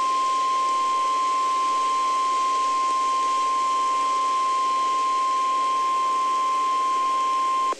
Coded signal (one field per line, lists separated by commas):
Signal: Emergency Alert System (SAME) tones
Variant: 1050 Hz attention tone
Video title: Tornado Warning: Mobile, AL (12/20/12)